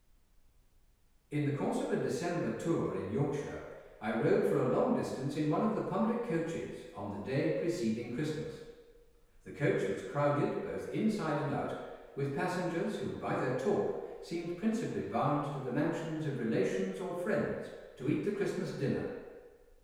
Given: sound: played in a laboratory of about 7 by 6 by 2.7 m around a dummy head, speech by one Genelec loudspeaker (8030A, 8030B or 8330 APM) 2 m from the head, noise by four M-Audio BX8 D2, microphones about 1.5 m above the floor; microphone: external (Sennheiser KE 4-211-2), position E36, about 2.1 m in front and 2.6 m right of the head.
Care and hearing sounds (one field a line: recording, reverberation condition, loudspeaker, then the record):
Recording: male speech in English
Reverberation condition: high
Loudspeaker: 120 degrees to the left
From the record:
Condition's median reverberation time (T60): about 1300 ms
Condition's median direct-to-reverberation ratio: about -4.0 dB